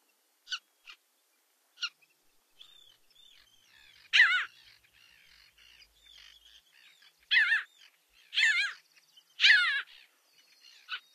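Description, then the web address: Parasitic jaeger calls: harsh, nasal squealing cries in short bursts, several loud ones near the end, with a few sharp clicks and faint chatter between. "Songs of Birds of North America Stokes. Parasitic Jaeger"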